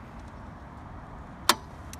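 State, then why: Released. After a phone is tapped to authorize at a public EV charging station, the lock holding the charging connector in its holster releases with a sharp, bright click at 1.5 s. A much fainter tick follows at 1.9 s over a steady low background hum, and the connector is unlocked.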